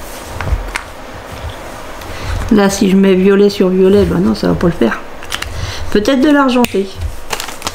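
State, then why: Not seated. A plastic cap is handled near a silver marker pen while someone talks, with several sharp taps and clicks through the clip. Nothing has seated or clicked yet; the cap has not snapped shut on the pen.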